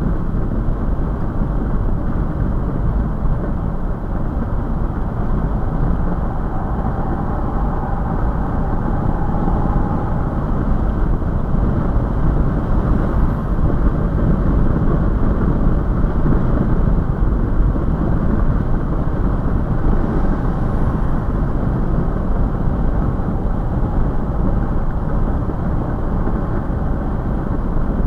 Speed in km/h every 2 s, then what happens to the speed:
108, 108, 109, 111, 114, 116, 116, 114, 114, 114, 114, 113, 114, 114.
0-12 speeds up to 116. 12-28 steady at about 114.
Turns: none.